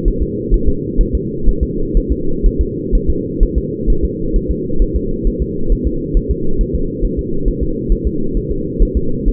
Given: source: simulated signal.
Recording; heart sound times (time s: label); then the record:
fetal heart sounds
0.08 s: S1
0.23 s: S2
0.54 s: S1
0.69 s: S2
1.01 s: S1
1.15 s: S2
1.49 s: S1
1.63 s: S2
1.97 s: S1
2.12 s: S2
2.46 s: S1
2.61 s: S2
2.95 s: S1
3.10 s: S2
3.43 s: S1
3.58 s: S2
3.90 s: S1
4.05 s: S2
4.36 s: S1
4.51 s: S2
4.82 s: S1
4.96 s: S2
5.27 s: S1
5.42 s: S2
5.72 s: S1
5.87 s: S2
6.17 s: S1
6.31 s: S2
6.61 s: S1
6.75 s: S2
7.05 s: S1
7.19 s: S2
7.48 s: S1
7.63 s: S2
7.92 s: S1
8.07 s: S2
8.37 s: S1
8.51 s: S2
8.82 s: S1
8.97 s: S2
9.29 s: S1
From the record:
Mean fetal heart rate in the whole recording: 130 bpm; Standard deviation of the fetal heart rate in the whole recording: 4 bpm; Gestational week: 38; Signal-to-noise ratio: -8.1 dB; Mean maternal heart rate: 72 bpm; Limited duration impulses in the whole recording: present